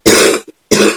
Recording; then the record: coughing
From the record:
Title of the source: 60 coughing still (deep and wet cough)